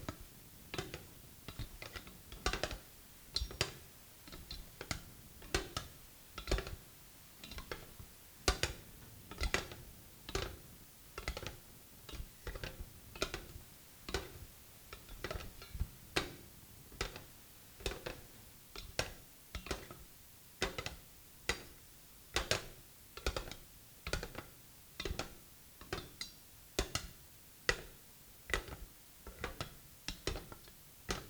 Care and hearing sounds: daily activity, guitar pickup as the sensor; fry

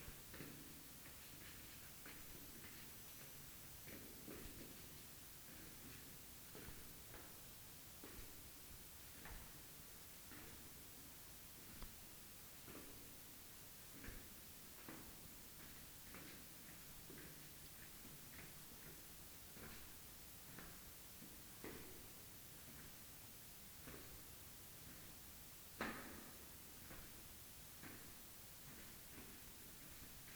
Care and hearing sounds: daily activity, guitar pickup as the sensor; go downstairs

